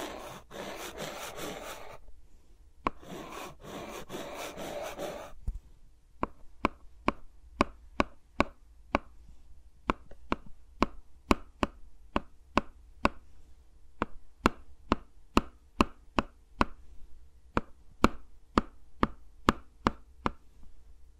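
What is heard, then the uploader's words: Fingers rub and scratch over the mics for about five seconds in two dense, rustling bursts with a short pause between. Then come crisp, evenly spaced taps, roughly two per second, continuing steadily to the end over quiet background. ASMR with Mics Around My Fingers (No Talking).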